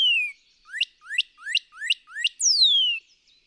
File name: Northern Cardinal